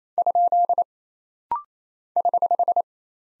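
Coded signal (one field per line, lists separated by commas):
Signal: Morse code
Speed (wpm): 27 wpm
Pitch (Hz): 700 Hz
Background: none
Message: ? <HH>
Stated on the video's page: Rapid-fire 28 wpm head-copy drill of single punctuation and prosign characters, with a very short gap to train instant character recognition.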